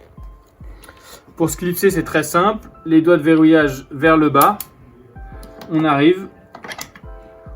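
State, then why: Seated. With its locking fingers pointed down, a GlobeTrotter device's metal clamps are pushed onto a wheelchair frame's attachment bar while someone talks. A few light knocks come just before a sharp click at 6.8 s, as the clamps snap in and the device is properly clipped onto the bar.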